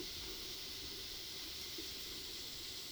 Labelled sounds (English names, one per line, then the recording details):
none
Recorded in pastures near Puerto Asís, Putumayo, Colombia, on 20 February 2024 at 16:00
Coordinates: 0.497, -76.327
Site G7276